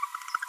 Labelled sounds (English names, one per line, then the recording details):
Green-rumped Parrotlet babbling
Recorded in a nest box in Venezuela
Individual 18B25A5